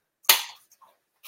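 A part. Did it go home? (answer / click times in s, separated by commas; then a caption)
yes / 0.3 s. The plastic side-release buckle on the waistband of a Didyklick half-buckle baby carrier is fastened around the waist by pushing the buckle halves together, and it clicks shut with a sharp, bright snap at 0.3 s. Faint small rustles follow around 0.7–0.9 s, and a soft brushing sound comes near the end. The buckle is seated.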